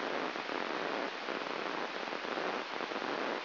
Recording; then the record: brain microelectrode recording played as sound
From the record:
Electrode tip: inside the subthalamic nucleus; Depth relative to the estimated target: 3 mm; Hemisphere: right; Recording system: AlphaMap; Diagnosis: Parkinson's disease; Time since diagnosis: 10 years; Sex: female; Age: 63 years